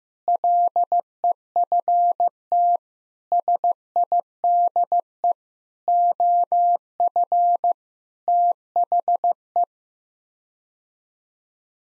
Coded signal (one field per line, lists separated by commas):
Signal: Morse code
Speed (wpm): 15 wpm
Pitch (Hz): 700 Hz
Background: none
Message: LEFT SIDE OF THE